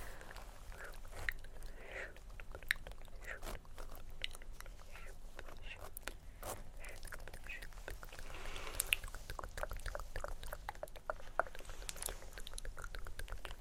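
Dense, irregular mouth sounds with clicking tktk bursts, scratching and light tapping, continuous throughout with sharper clicks near three and nine seconds.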